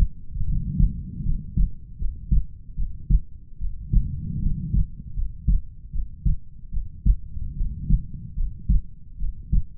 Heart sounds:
heart sounds by stethoscope; 76 bpm
0.45 s: heartbeat
1.23 s: heartbeat
1.97 s: heartbeat
2.75 s: heartbeat
3.58 s: heartbeat
4.40 s: heartbeat
5.14 s: heartbeat
5.91 s: heartbeat
6.71 s: heartbeat
7.54 s: heartbeat
8.35 s: heartbeat
9.17 s: heartbeat
From the record:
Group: healthy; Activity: rest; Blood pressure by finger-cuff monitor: 87/61 mmHg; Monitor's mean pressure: 71 mmHg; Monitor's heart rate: 75 bpm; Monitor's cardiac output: 5.5 L/min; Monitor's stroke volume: 71 mL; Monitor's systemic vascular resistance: 920 dyn s/cm5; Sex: female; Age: 22 years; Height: 160 cm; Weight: 45 kg

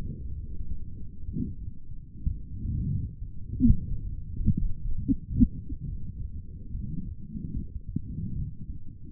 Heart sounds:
heart sounds by stethoscope; 66 bpm
0.01 s: heartbeat
1.24 s: heartbeat
2.27 s: heartbeat
3.18 s: heartbeat
4.04 s: heartbeat
4.96 s: heartbeat
5.85 s: heartbeat
6.71 s: heartbeat
7.53 s: heartbeat
8.33 s: heartbeat
9.10 s: heartbeat
From the record:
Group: healthy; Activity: cold pressor test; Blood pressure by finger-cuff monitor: 92/72 mmHg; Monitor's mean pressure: 78 mmHg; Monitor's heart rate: 64 bpm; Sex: female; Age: 36 years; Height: 163 cm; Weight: 88 kg

